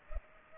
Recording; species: mosquito wingbeat signal from an infrared sensor; Culex pipiens